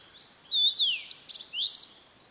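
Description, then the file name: Blue-and-white flycatcher song: one brief phrase of clear whistles sliding downward, followed by a quick rising note. "oruri"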